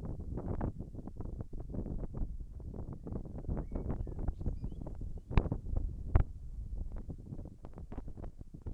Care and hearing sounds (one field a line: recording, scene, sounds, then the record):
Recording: everyday scene through a hearing-aid microphone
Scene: wind on the microphone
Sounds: wind, whistling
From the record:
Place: in front of a rural house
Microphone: behind the ear, left, rear